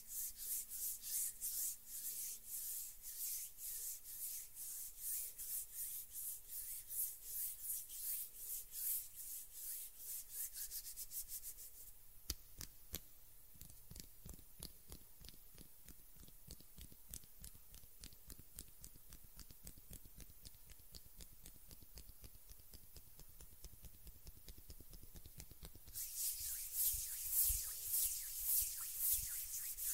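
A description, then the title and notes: Hands rub together in quick, regular strokes, bright and hissy at first, then duller and thumpier midway before turning bright again near the end. ASMR RELAXING HAND SOUNDS - NO TALKING.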